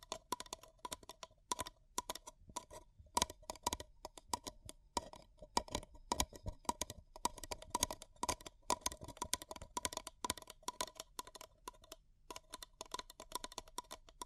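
Paper cup tingles: dense, irregular crisp taps and scratches on a paper cup, bright and clicky, continuing steadily throughout with brief pauses.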